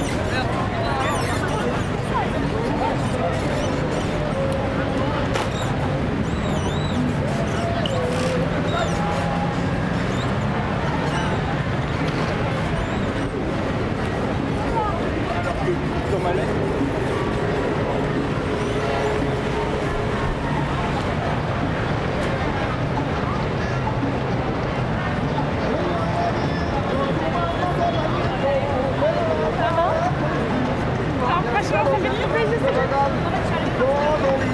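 A recording from Paris, full of overlapping voices that blend into a dense, steady murmur for the whole stretch. Individual speakers rise briefly out of the crowd now and then, over a low rumble of traffic that never lets up.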